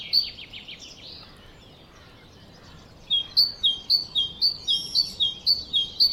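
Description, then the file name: Great tit song: after a burst of scratchy, buzzy high notes, a clear two-note phrase, high then lower, repeats steadily about twice a second. "Parus major"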